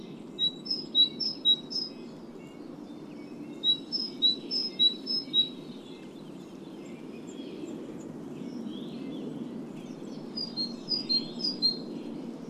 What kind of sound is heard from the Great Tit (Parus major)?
song